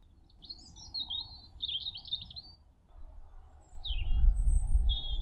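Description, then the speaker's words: European robin song: thin, high warbled phrases with short pauses between them, varying in pitch, over low background noise. Singing in a bush beside a path running along a railway and road in Essex, May 2023, on a spring birdsong walk. "There's a robin singing in the bush up here now."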